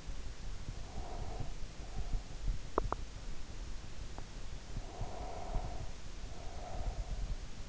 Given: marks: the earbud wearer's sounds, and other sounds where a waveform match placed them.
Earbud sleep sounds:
sounds in sleep by an in-ear microphone; breath, teeth grinding
0.80-2.36 s: breath
2.59-3.43 s: teeth grinding
3.86-4.54 s: teeth grinding
4.86-7.30 s: breath

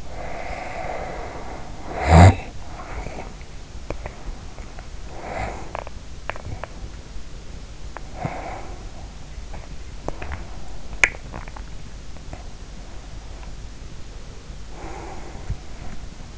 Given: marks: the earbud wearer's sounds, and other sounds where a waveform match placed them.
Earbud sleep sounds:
sounds in sleep by an in-ear microphone; snoring breath, teeth grinding, breath, swallowing
0.00-3.44 s: snoring breath
3.74-5.08 s: teeth grinding
5.08-5.93 s: breath
5.67-7.04 s: teeth grinding
8.00-8.97 s: breath
9.78-10.72 s: teeth grinding
10.72-12.00 s: swallowing
12.00-13.49 s: breath
13.93-16.23 s: sound from someone else or the room
14.64-16.23 s: breath

